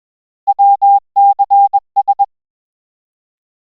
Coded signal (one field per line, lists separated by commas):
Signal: Morse code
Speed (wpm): 21 wpm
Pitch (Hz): 800 Hz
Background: none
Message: WCS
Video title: Sound and Back Again: A Tale of Photos and SSTV